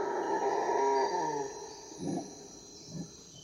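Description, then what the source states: Howler monkey alarm calling: a low harmonic groan sliding downward for about a second and a half, then two short gruff barks a second apart. Alarm call suddenly interrupting a howler monkey family chorus, Amazon rainforest; the family may be threatened by a monkey-eating eagle or a jaguar.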